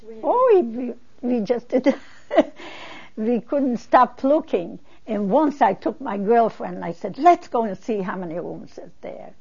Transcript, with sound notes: Oh, we, we just, (she laughs) we couldn't stop looking. And once I took my girlfriend and I said, "Let's go and see how many rooms there is."